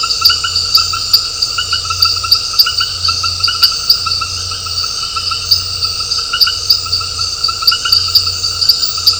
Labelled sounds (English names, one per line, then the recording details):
none
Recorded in dense forest near Puerto Asís, Putumayo, Colombia, on 9 March 2025 at 19:00
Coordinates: 0.468, -76.322
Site GP01